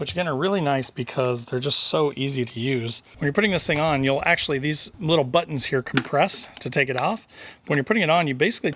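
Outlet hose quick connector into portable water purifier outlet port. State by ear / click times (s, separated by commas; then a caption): not seated / none. Someone talks while handling the push-fit quick connector of an outlet hose in front of a portable water purifier's outlet port. The connector has not been pushed home yet, and nothing has seated or clicked.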